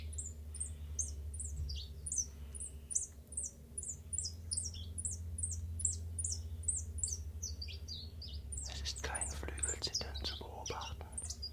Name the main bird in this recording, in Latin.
Phylloscopus collybita